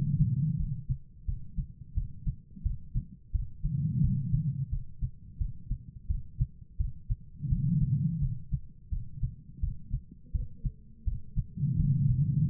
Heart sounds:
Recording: heart sounds by stethoscope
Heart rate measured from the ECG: 86 bpm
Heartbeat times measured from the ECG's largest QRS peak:
0.57 s: heartbeat
1.26 s: heartbeat
1.95 s: heartbeat
2.63 s: heartbeat
3.32 s: heartbeat
4.02 s: heartbeat
4.70 s: heartbeat
5.38 s: heartbeat
6.07 s: heartbeat
6.78 s: heartbeat
7.49 s: heartbeat
8.20 s: heartbeat
8.90 s: heartbeat
9.61 s: heartbeat
10.32 s: heartbeat
11.05 s: heartbeat
11.77 s: heartbeat
12.47 s: heartbeat
From the record:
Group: healthy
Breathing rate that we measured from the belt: 16 breaths a minute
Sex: female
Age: 51 years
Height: 162 cm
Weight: 70.04 kg

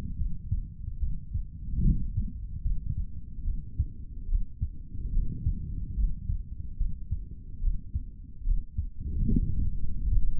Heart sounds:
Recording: heart sounds by stethoscope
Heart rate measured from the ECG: 73 bpm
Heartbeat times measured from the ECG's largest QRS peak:
0.17 s: heartbeat
0.99 s: heartbeat
1.82 s: heartbeat
2.62 s: heartbeat
3.44 s: heartbeat
4.27 s: heartbeat
5.12 s: heartbeat
5.96 s: heartbeat
6.77 s: heartbeat
7.60 s: heartbeat
8.44 s: heartbeat
9.28 s: heartbeat
10.08 s: heartbeat
From the record:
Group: healthy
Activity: rest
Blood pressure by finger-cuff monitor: 108/86 mmHg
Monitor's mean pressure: 94 mmHg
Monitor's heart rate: 72 bpm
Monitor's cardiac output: 3.3 L/min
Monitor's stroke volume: 45 mL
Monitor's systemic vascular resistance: 2160 dyn s/cm5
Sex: male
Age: 55 years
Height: 167 cm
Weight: 57.2 kg

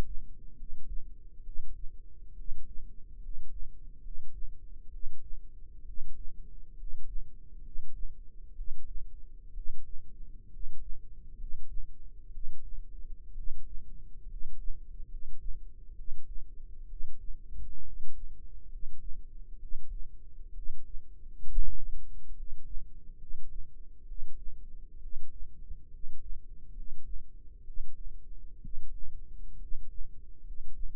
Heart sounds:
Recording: heart sounds by microphone in the left ear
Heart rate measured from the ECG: 66 bpm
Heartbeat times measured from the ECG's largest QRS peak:
0.53 s: heartbeat
1.40 s: heartbeat
2.32 s: heartbeat
3.17 s: heartbeat
3.99 s: heartbeat
4.88 s: heartbeat
5.82 s: heartbeat
6.73 s: heartbeat
7.59 s: heartbeat
8.52 s: heartbeat
9.50 s: heartbeat
10.47 s: heartbeat
11.34 s: heartbeat
12.28 s: heartbeat
13.31 s: heartbeat
14.24 s: heartbeat
15.05 s: heartbeat
15.92 s: heartbeat
16.84 s: heartbeat
17.80 s: heartbeat
18.65 s: heartbeat
19.56 s: heartbeat
20.50 s: heartbeat
21.44 s: heartbeat
22.31 s: heartbeat
23.14 s: heartbeat
24.03 s: heartbeat
24.97 s: heartbeat
25.87 s: heartbeat
26.70 s: heartbeat
27.61 s: heartbeat
28.58 s: heartbeat
29.55 s: heartbeat
30.40 s: heartbeat
From the record:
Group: healthy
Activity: rest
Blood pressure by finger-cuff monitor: 93/50 mmHg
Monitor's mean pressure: 59 mmHg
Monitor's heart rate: 65 bpm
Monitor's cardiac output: 7.5 L/min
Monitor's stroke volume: 112 mL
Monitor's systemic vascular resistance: 550 dyn s/cm5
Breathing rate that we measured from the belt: 16 breaths a minute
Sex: male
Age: 22 years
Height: 185 cm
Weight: 112.4 kg

